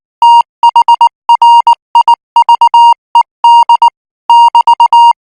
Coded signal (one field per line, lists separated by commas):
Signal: Morse code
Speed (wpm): 19 wpm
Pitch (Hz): 940 Hz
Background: music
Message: THRIVED <BT>